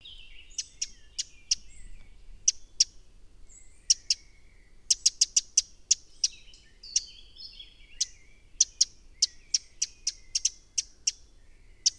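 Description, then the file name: Eurasian wren ticking insistently with sharp, high clicks, often several in quick runs. "Troglodytes troglodytes"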